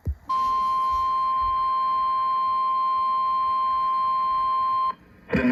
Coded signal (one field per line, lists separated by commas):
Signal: Emergency Alert System (SAME) tones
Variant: 1050 Hz attention tone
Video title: The first EAS Compilation of 2023 (4/1/23) (EAS #527 - 532)